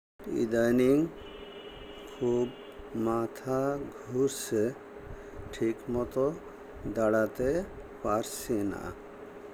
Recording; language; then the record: elicited speech; Bengali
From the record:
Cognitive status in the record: dementia